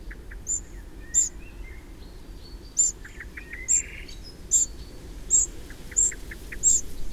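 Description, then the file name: Eurasian wren repeating high, hard tick calls at uneven intervals, with soft lower whistles and twitters in between. "Troglodytes troglodytes"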